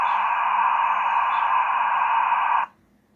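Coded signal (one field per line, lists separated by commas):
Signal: dial-up modem handshake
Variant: 56K modem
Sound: loud steady wideband hiss with faint chirps, cutting off abruptly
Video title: Dial-Up Handshake | 1998 US Robotics 56K Modem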